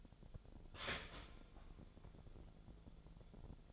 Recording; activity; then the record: daily activity, microphone in the room; start toaster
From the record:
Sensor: 5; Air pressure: 1000.3 hPa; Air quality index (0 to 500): 135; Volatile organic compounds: 2 ppm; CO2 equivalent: 1063 ppm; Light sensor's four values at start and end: 69/161/68/71 and 70/163/69/73